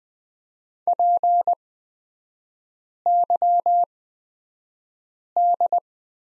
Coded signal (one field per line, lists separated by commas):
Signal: Morse code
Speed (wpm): 20 wpm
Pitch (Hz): 700 Hz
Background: none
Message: PYD